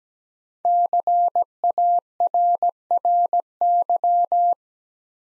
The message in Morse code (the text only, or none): CARRY